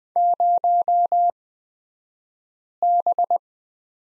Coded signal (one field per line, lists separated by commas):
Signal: Morse code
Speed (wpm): 20 wpm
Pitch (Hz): 700 Hz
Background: none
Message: 0B